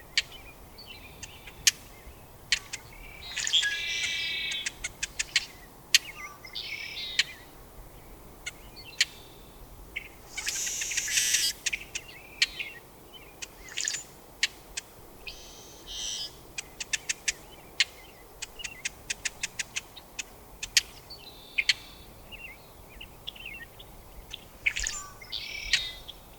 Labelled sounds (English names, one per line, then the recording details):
Brewer's Blackbird
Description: Brewer's Blackbird song and call recorded in Moraine Park in Rocky Mountain National Park
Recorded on 18 May 2016